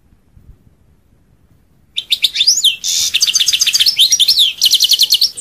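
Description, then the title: European goldfinch song: after two quiet seconds, a bright, rapid jumble of tinkling twitters and buzzy trills runs to the end. "Chant Chardonneret"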